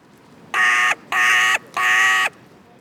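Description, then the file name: Carrion crow giving three harsh, rasping caws, each about half a second long and evenly spaced, over a faint background hiss. "Corvus corone"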